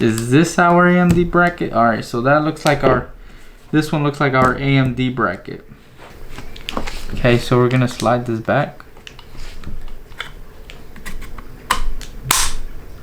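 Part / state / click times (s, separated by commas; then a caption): AMD CPU cooler mounting bracket on a motherboard socket / seated / 12.3 s. A plastic AMD CPU cooler mounting bracket is slid back into place on a motherboard socket while someone talks. After several small clicks and scrapes, it latches with a sharp, loud click at 12.3 seconds and is seated.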